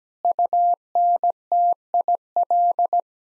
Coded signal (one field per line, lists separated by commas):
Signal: Morse code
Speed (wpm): 17 wpm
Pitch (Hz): 700 Hz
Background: none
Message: UNTIL